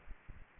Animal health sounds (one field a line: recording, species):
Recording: mosquito wingbeat signal from an infrared sensor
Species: Aedes aegypti